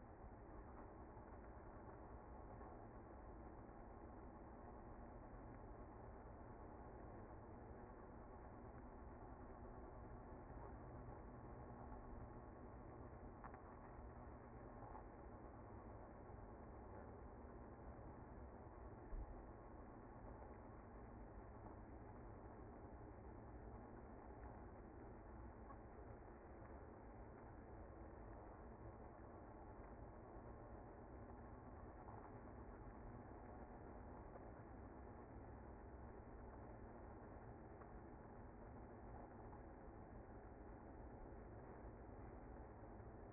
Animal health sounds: honeybee colony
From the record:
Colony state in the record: active

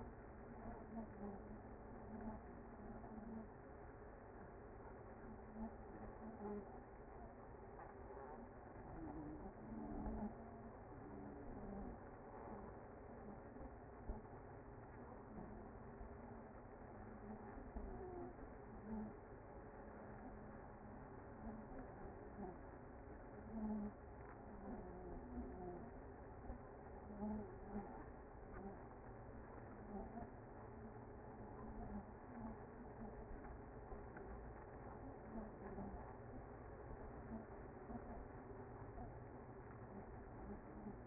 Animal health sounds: honeybee colony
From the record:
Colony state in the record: active

